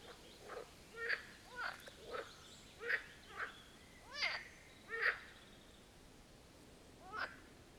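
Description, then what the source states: Marsh frogs calling in chorus, harsh croaks at irregular intervals, then a pause and one final croak. Chorus of marsh frogs at the Birkensee, Schönbuch, Germany, on one of the first proper hot summer days of 2023.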